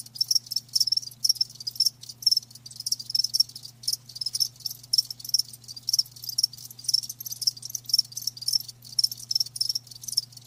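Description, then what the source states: Crickets chirping, rapid high-pitched chirps repeated in short pulsing bursts, over a low hum. Live crickets chirping with a lulling song.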